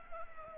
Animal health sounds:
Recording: mosquito wingbeat signal from an infrared sensor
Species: Culex pipiens

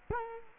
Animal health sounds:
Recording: mosquito wingbeat signal from an infrared sensor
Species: Culex quinquefasciatus

